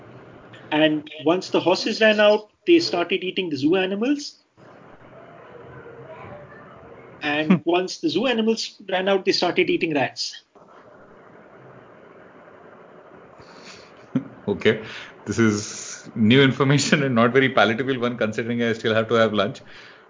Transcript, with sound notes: And once the horses ran out- they started eating zoo animals and once the zoo animals ran out they started eating rats.
[stunned silence] okay. So this is new information. Not very palatable considering that I still have to have lunch.